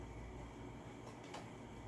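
A plastic tabbed part is lined up with its notch on the body of a Hart Pro Bagless Upright Vacuum (HZUV01) and pushed in. Only a steady low rumble is heard, with faint brief scuffs around 1.1 s and 1.35 s. Nothing has clicked or seated yet; the fix of sliding the tab down into place comes later.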